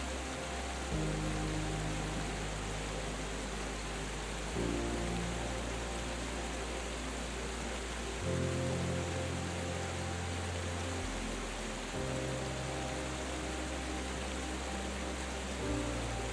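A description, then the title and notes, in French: A waterfall pours in a steady, dense wash that fills the whole clip without letup. Underneath, soft low music moves through sustained bass chords that change about every three to four seconds, with gentle swells at each change. S'ENDORMIR avec une CASCADE Apaisante et une Douce MUSIQUE. Le murmure apaisant d'une cascade se mêle à la douceur d'une mélodie enveloppante.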